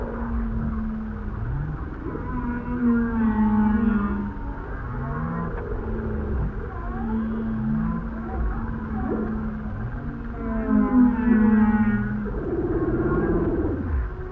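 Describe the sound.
Whale song: phrases of low moans, short upswept grunts and higher warbling tones.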